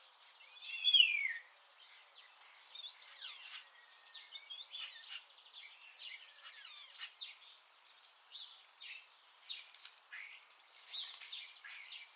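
Common starling giving one loud whistled note early on, followed by quieter, varied clicking and squeaky chatter.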